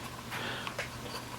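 A plastic wire connector housing, its soldered wire pins already snapped into place, is pushed down onto the header of a 5 V switching power module during a Commodore 64 power brick rebuild. A single short click is heard at 0.7 s over a quiet background hiss. The housing is seated, and its locking mechanism gives a very positive connection that won't come loose.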